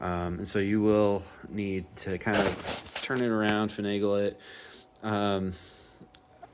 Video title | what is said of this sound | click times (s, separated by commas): MK3 Supra Knock sensor replacement, air intake and alternator removal | I did not hear a very satisfying click at the end. | none